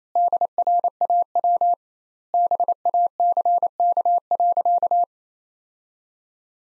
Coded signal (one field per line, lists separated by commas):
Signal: Morse code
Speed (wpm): 28 wpm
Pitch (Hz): 700 Hz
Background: none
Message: DRAW BACK.